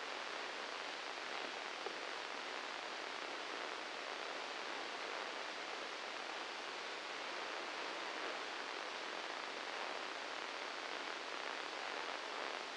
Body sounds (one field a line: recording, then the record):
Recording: brain microelectrode recording played as sound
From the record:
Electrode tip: inside the subthalamic nucleus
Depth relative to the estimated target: -1 mm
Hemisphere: left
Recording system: NeuroSet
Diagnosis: Parkinson's disease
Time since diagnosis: 7 years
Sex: male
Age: 44 years